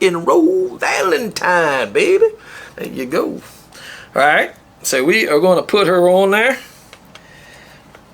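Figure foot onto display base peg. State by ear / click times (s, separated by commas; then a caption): not seated / none. Someone talks while handling a plastic figure, getting ready to press its foot onto the peg of a heart-shaped chocolate-heart display base. After the talking stops, a few faint, brief handling knocks are heard near the end. Nothing has seated or clicked into the base yet.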